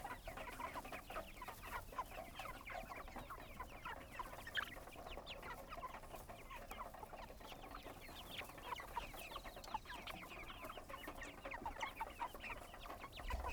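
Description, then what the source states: Chickens clucking as a flock, a dense stream of short overlapping clucks and squawks that runs steadily throughout with no pauses. Chickens on a goat farm.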